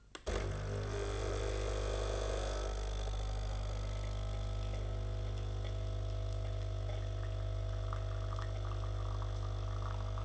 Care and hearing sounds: daily activity, microphone in the room; make coffee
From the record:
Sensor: 4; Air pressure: 995.4 hPa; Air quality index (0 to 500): 214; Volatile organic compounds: 243 ppm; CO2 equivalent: 4341 ppm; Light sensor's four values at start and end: 29/87/33/36 and 26/80/31/32

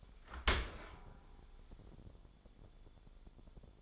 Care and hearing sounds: daily activity, microphone in the room; open dishwasher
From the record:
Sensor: 5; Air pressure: 1015.1 hPa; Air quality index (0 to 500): 168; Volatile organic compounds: 5 ppm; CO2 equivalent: 1820 ppm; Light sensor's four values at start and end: 37/88/36/38 and 38/91/37/41

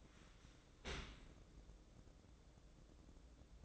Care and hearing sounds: daily activity, microphone in the room; open dishwasher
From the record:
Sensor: 3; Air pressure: 1012.3 hPa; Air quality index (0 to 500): 165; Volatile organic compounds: 2 ppm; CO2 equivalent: 1263 ppm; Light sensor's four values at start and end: 580/1430/591/596 and 580/1431/591/596

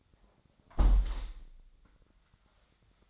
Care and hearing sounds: daily activity, microphone in the room; close window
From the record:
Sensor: 3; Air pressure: 1006.4 hPa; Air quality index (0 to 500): 193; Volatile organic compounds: 14 ppm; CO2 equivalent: 2455 ppm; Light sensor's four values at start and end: 10/24/10/10 and 10/23/9/9

